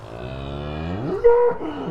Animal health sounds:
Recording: contact call of a hoofed animal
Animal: cattle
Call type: low-frequency (closed-mouth) or high-frequency (open-mouth) call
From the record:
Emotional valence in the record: negative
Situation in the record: full separation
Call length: 1.91 s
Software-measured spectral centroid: 970 Hz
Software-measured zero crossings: 1170 a second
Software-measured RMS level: -21 dBFS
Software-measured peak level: -4 dBFS

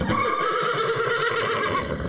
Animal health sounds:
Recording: contact call of a hoofed animal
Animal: horse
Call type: whinny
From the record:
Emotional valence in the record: positive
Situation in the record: reunion with the whole group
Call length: 2.2 s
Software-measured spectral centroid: 1670 Hz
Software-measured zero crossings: 2170 a second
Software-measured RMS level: -24 dBFS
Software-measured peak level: -10 dBFS

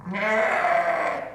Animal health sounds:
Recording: contact call of a hoofed animal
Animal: sheep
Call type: low-frequency (closed-mouth) or high-frequency (open-mouth) call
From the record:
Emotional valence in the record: negative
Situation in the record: short social isolation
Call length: 1.35 s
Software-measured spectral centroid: 1700 Hz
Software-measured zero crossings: 2000 a second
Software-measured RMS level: -24 dBFS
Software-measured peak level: -10 dBFS

